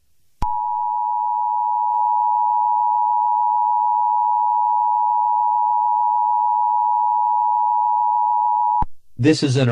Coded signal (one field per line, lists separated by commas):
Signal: Emergency Alert System (SAME) tones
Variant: 853 and 960 Hz attention tone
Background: speech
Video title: Mini EAS SCENARIO: Red Moon